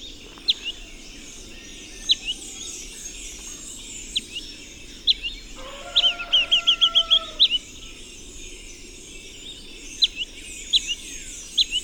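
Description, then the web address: Red-billed tyrannulet giving scattered single high chips, with one fast trilled run midway; another bird adds lower whistled tones, over a steady high drone throughout. Recorded in Ecuador. "Birds of Ecuador Red-Billed Tyrannulet"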